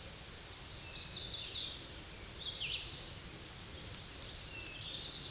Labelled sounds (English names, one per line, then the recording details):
Eastern Towhee song
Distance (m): 35 m
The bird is about 5 m below the microphone
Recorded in a Pennsylvania forest on 16 May 2024 at 09:50
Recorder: AudioMoth, point MSD-2007
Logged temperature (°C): 16.1 °C
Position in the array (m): 3 m, 44 m